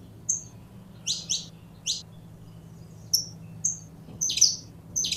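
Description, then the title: Belgian canary giving high chirps and clear whistled notes in short groups, with a soft background hum. Purebred Belgian canary. "Canto Do Canário Belga Puro"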